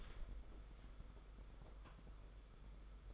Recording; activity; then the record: daily activity, microphone in the room; open door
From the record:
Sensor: 5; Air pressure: 991.8 hPa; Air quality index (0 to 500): 129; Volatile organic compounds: 67 ppm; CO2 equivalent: 3490 ppm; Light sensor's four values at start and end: 34/113/42/45 and 34/112/42/45